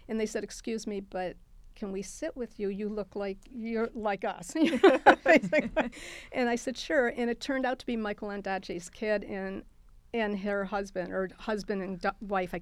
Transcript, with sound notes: They said, "Excuse me but can we sit with you? You look like you're like us?" [LAUGHTER] I said, sure, and it turned out to be Michael Ondaatje's kid and her husband or husband and wife.